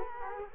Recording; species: mosquito wingbeat signal from an infrared sensor; Culex quinquefasciatus